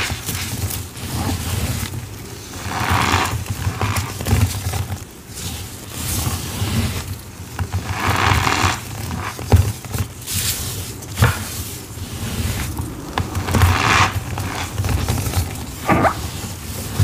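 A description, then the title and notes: Powder being worked by hand, with soft hissing and crumbly rustles that swell and fade in waves. Brief sharper scrapes and pats break through now and then, around every couple of seconds, over a steady low rumble. Sifting, Mixing, Reforming Green Cornstarch & Gym Chalk Powders.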